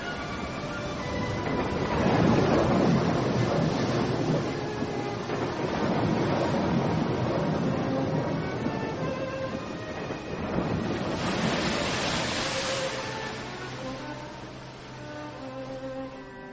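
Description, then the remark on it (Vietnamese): Ocean waves crash in a continuous roaring wash, swelling in several heavy surges before easing off, with a gusty, wind-like hiss throughout and no voices. “Có người biết bơi, có người nắm được tấm ván tàu, còn những người không biết bơi lại không bắt được vật nổi trên biển thì bị sóng lớn cuốn trôi ra biển xa.”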